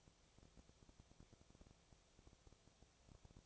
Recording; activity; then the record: daily activity, microphone in the room; no activity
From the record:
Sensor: 1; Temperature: 19.6 degrees Celsius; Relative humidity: 36.5%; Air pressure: 996.9 hPa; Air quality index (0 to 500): 204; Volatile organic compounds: 128 ppm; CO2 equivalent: 3917 ppm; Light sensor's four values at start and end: 1/2/1/1 and 1/2/1/1